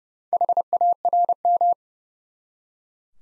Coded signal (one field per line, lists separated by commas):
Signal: Morse code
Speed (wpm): 30 wpm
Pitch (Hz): 700 Hz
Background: none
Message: HARM